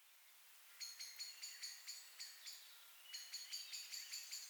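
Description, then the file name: Common blackbird calls: two runs of quick, bright, metallic chinks, separated by a brief gap, over a soft hiss. "Turdus merula"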